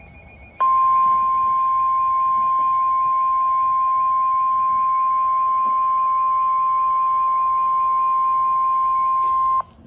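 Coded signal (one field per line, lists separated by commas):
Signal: Emergency Alert System (SAME) tones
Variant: 1050 Hz attention tone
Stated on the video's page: Severe thunderstorm warning from a NOAA weather radio transmitter in Columbus, Ohio.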